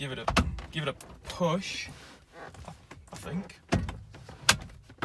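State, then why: Seated. Someone talks while the driver's airbag module of a Fiesta ST150 is pushed onto its spring-loaded pin clips in the plastic and metal steering wheel. Small knocks and taps come before a loud, sharp click at 4.5 s. The airbag module seats and clicks into the steering wheel.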